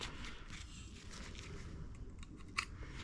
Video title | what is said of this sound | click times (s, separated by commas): Rebuilding My Triumph Tiger 1050 sport | have a bit of luck we'll hear it clicking nicely there we go | 2.6 s